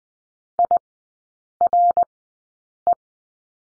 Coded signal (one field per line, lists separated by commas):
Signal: Morse code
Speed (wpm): 20 wpm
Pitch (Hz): 700 Hz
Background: none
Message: IRE